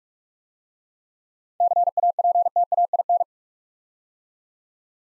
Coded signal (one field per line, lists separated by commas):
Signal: Morse code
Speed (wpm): 44 wpm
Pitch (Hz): 700 Hz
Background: none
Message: CAPTAIN